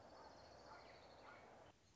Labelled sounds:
Orange-crowned Warbler (Leiothlypis celata)
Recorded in Sonoma County, California

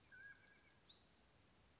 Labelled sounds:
Mountain Quail (Oreortyx pictus)
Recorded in Sonoma County, California

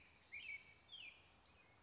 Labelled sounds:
American Robin (Turdus migratorius)
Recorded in Sonoma County, California

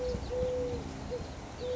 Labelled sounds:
Eurasian Collared Dove (Streptopelia decaocto)
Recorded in Sonoma County, California

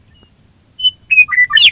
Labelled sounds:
Western Meadowlark (Sturnella neglecta)
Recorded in Sonoma County, California

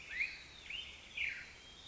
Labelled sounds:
California Quail (Callipepla californica)
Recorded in Sonoma County, California

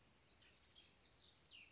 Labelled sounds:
Cassin's Vireo (Vireo cassinii)
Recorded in Sonoma County, California

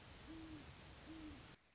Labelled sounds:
Great Horned Owl (Bubo virginianus)
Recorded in Sonoma County, California

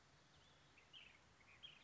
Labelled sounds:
Ash-throated Flycatcher (Myiarchus cinerascens)
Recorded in Sonoma County, California

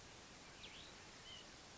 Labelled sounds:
White-breasted Nuthatch (Sitta carolinensis)
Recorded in Sonoma County, California

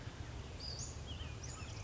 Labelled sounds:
Western Flycatcher (Empidonax difficilis)
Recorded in Sonoma County, California

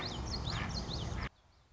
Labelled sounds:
Common Yellowthroat (Geothlypis trichas)
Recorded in Sonoma County, California

